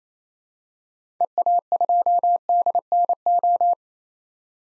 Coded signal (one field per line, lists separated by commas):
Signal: Morse code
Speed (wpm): 28 wpm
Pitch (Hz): 700 Hz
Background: none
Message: EA2DNO